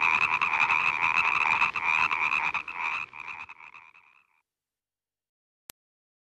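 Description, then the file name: Frog croaking in a dense rasping run that fades out after about four seconds, then silence and a single click. "ranas"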